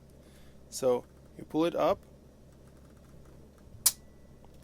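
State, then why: Released. Someone talks while the engaged parking brake lever in the cab of a Winnebago Vita 24F motorhome is pulled up until it gives a single sharp click at 3.9 s. The button is then pressed and the lever pushed down, releasing the parking brake.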